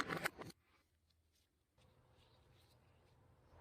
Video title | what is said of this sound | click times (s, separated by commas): Watch This If Your Toyota Camry Rear Door Locks Stopped Working! | This snaps into place. | 0.3 s